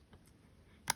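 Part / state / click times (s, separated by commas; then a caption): laptop keycap on scissor-switch clip / released / 0.9 s. A plastic alphanumeric keycap on a MacBook Pro A2141, A2251, A2289 or A2338 (Intel and M1, 2019–2021) is gently lifted on either side by a key tool under its bottom corner, with a finger on top to keep it from shooting off. Near-silence with a faint tick at 0.1 s gives way to a sharp, bright click at 0.9 s as the keycap unclips from its scissor-switch clip and is released.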